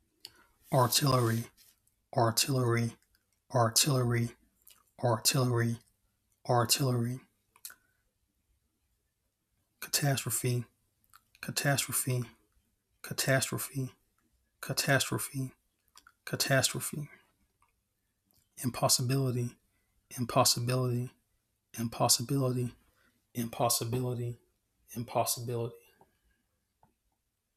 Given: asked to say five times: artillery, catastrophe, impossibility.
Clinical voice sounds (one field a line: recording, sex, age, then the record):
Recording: three words, each repeated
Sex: male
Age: 30 to 39 years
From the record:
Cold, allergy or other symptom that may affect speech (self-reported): no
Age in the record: 33 years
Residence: North Carolina, United States